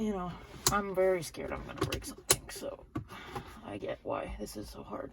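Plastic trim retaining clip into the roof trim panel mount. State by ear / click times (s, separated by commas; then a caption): not seated / none. Someone talks while prying down the overhead roof/map-light trim panel of a 2021 RAV4 XSE with her fingers, with faint handling noises under the speech. The plastic retaining clip of the roof trim panel mount is being handled, but nothing has seated or clicked yet.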